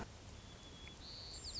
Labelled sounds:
White-crowned Sparrow
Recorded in Sonoma County, California

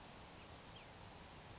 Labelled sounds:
Grasshopper Sparrow
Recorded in Sonoma County, California

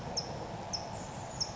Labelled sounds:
California Towhee
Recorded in Sonoma County, California

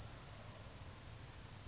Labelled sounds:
California Towhee
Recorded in Sonoma County, California

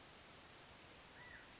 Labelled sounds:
California Quail
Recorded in Sonoma County, California

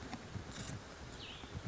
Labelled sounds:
Cassin's Vireo
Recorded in Sonoma County, California

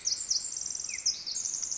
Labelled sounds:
Pacific Wren
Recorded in Sonoma County, California

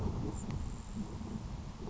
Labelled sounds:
Grasshopper Sparrow
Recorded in Sonoma County, California

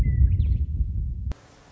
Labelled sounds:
Western Meadowlark
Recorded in Sonoma County, California

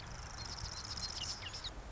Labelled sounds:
Marsh Wren
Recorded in Sonoma County, California

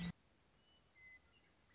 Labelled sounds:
Western Meadowlark
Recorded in Sonoma County, California

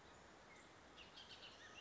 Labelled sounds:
Bullock's Oriole
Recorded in Sonoma County, California

